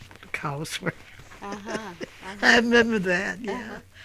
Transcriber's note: she laughs